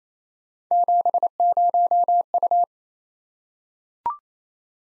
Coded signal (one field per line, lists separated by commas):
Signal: Morse code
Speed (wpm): 29 wpm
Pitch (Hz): 700 Hz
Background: none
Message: 70U